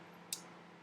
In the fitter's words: back to the lock position which means your blade won't move from there